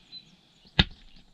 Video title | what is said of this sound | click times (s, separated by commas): Vlog 120, Narrowboat Fit Out - ROMAN BLINDS, CURTAINS & BUNGS (PART 1) | that yeah and then you just push it down till it clicks | 0.8 s